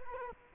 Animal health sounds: mosquito wingbeat signal from an infrared sensor; Culex quinquefasciatus

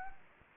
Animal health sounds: mosquito wingbeat signal from an infrared sensor; Anopheles gambiae

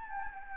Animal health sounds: mosquito wingbeat signal from an infrared sensor; Anopheles gambiae

